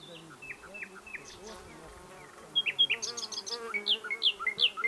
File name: Luscinia megarhynchos